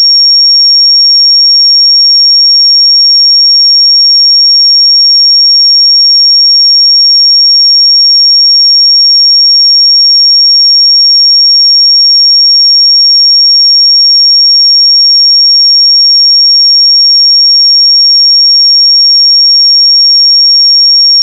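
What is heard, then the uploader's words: A pure 5547 Hz sine tone holds perfectly steady and high-pitched for the full twenty-one seconds, unchanging in loudness, with nothing else audible. 5547 Hz 1 Hz Interval Sine Pure Tone Frequency 441000 Sample Mono.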